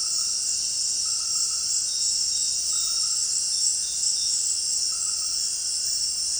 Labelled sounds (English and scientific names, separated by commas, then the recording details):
none
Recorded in dense forest near Puerto Asís, Putumayo, Colombia, on 23 June 2025 at 18:30
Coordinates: 0.468, -76.322
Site GP03